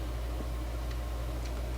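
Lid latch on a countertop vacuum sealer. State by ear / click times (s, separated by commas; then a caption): not seated / none. With a bag placed against the sealing bar, the lid of a countertop vacuum sealer is handled and pressed down toward its latch. Over a steady low hum, a few faint ticks are heard, then a brief sharp tick right at the end. The lid latch has not snapped shut yet.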